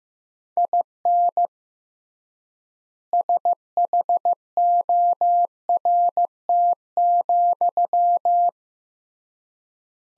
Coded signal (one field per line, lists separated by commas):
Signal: Morse code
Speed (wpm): 16 wpm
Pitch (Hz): 700 Hz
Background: none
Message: IN SHORT,